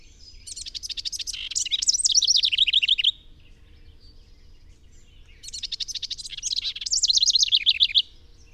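Bird song heard twice, each phrase about two and a half seconds of ticking notes turning into a rapid, wavy trill, separated by roughly two seconds of quiet.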